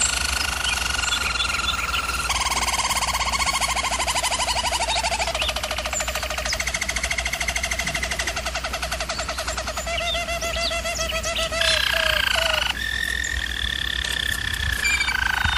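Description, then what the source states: German Roller canary: a long chain of rolled tours changing pitch every few seconds, some phrases pulsed and some smooth, sung without pause. German Roller canary singing, for canary training.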